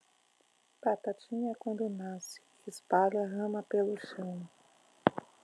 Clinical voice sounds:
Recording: short text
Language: Brazilian Portuguese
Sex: female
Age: 40 to 49 years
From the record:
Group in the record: control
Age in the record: 45 years

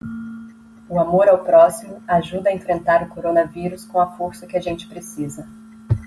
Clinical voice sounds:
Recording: spoken sentence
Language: Brazilian Portuguese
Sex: female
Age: 30 to 39 years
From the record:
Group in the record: control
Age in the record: 35 years

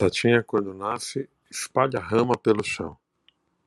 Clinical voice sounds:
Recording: short text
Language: Brazilian Portuguese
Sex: male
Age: 40 to 49 years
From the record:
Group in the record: control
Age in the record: 49 years

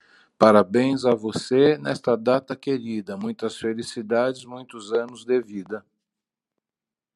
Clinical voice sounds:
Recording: short text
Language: Brazilian Portuguese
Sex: male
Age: 50 to 59 years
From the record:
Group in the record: control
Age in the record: 58 years

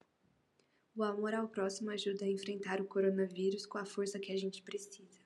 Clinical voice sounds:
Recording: spoken sentence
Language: Brazilian Portuguese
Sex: female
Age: 20 to 29 years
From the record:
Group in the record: control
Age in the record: 20 years

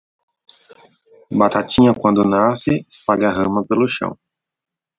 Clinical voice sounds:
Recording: short text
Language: Brazilian Portuguese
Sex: male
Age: 30 to 39 years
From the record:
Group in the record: control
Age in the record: 32 years

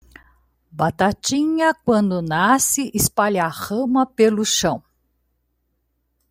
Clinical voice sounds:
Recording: short text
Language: Brazilian Portuguese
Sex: female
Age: 60 to 69 years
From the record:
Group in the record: control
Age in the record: 62 years

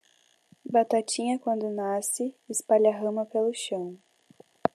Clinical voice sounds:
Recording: short text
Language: Brazilian Portuguese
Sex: female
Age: 20 to 29 years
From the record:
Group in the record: control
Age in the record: 20 years

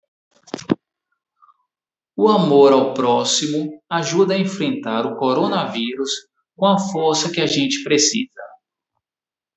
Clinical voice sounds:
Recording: spoken sentence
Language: Brazilian Portuguese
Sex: male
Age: 40 to 49 years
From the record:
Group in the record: control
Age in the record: 43 years

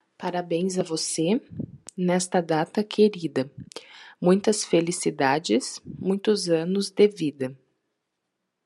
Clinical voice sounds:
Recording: short text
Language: Brazilian Portuguese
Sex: female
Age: 30 to 39 years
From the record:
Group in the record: control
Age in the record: 33 years

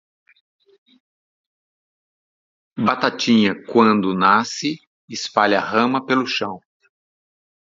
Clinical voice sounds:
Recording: short text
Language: Brazilian Portuguese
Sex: male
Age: 50 to 59 years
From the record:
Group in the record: control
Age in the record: 58 years

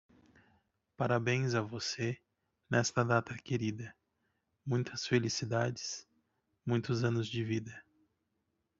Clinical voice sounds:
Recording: short text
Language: Brazilian Portuguese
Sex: male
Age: 30 to 39 years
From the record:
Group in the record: control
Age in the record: 31 years

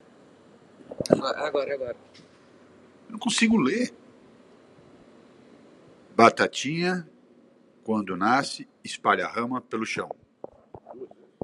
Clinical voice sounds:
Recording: short text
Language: Brazilian Portuguese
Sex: male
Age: 50 to 59 years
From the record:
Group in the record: control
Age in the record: 58 years

